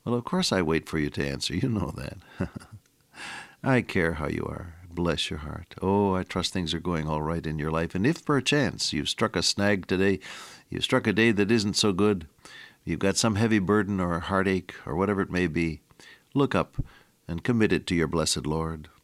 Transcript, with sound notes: Well, of course, I wait for you to answer, you know that. [chuckle] I care how you are, bless your heart. Oh, I trust things are going alright in your life, and if perchance, you’ve struck a snag today, you struck a day that isn’t so good, you’ve got some heavy burden or a heartache, or whatever it may be, look up and commit it to your blessed Lord.